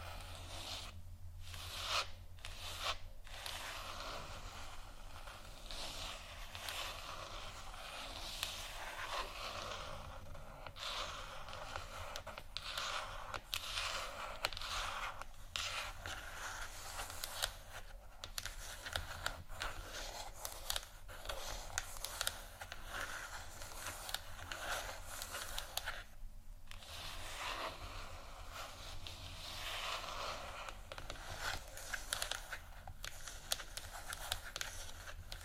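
Scratching triggers run continuously for the whole stretch, a dense, bright rasping with quick uneven strokes and no real pauses. Brief gaps and sharper accents break the texture now and then, notably near the first few seconds and around 26 seconds, over a faint low hum.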